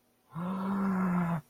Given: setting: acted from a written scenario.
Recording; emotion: vocal sound without words; fear